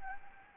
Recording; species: mosquito wingbeat signal from an infrared sensor; Anopheles gambiae